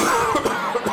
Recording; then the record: coughing mixed with background sound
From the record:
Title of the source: Mid-morning Winter Coughing Fit